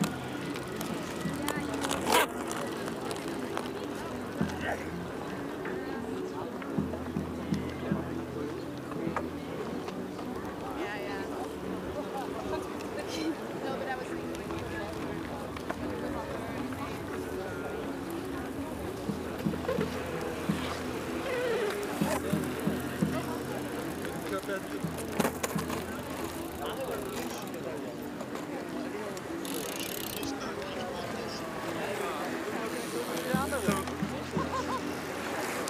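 Hundreds of people go about their activities at the Tempelhofer Freiheit in Berlin, a steady wash of overlapping voices and chatter with no pauses. Sharp knocks and clatters pop up every few seconds, and a low hum rises and fades in the background at intervals.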